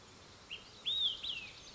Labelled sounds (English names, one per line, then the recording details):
Olive-sided Flycatcher
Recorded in Sonoma County, California